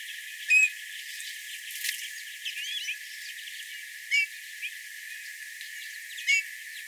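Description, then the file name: Eurasian bullfinch giving soft piping whistles, three brief mournful notes spaced a few seconds apart, with faint chirps and ticks between them. "Pyrrhula pyrrhula"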